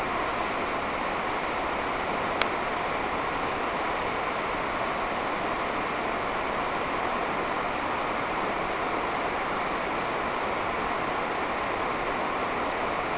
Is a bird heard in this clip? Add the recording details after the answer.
no. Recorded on Arctic tundra, site NAIT-1, on 28 June 2018. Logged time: 07:00